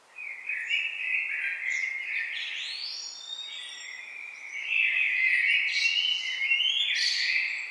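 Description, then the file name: Common blackbird song, a continuous run of fluty notes mixed with scratchy high twitters, louder in the second half. "Turdus merula"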